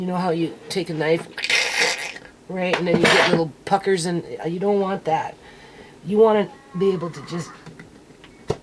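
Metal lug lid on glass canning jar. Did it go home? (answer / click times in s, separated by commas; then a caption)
released / 8.5 s. Someone talks while prying a metal lug lid off a glass canning jar without bending it. A small pop is heard at 8.5 s as the lid releases from the jar.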